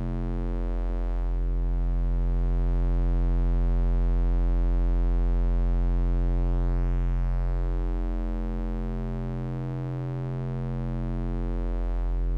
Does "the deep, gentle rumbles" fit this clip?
yes